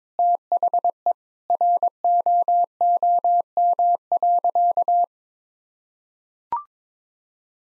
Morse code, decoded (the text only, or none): THE ROOM.